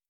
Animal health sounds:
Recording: hydrophone in a shrimp aquaculture tank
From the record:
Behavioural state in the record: starved

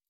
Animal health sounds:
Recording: hydrophone in a shrimp aquaculture tank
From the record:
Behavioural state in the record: stressed

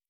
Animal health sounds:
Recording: hydrophone in a shrimp aquaculture tank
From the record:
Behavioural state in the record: normal

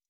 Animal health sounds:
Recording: hydrophone in a shrimp aquaculture tank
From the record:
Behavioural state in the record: stressed

